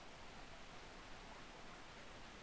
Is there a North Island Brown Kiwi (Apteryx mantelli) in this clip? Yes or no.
no